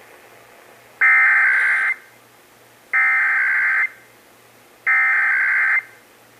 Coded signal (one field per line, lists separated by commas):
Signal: Emergency Alert System (SAME) tones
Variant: header bursts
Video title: (EAS #1,072-1,078) June 2026 Texas Required Monthly Test